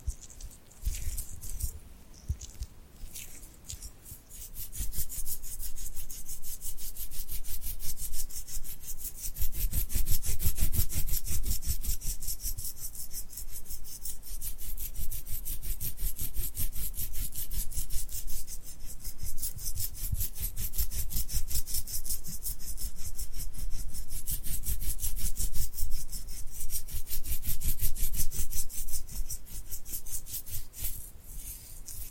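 Hands rub and peel against each other in a dense, tacky rhythm, a fast run of small crackling strokes that rarely pauses. After a quieter opening few seconds it grows louder and stays busy, with a low rumble under the sticky, bright rasping.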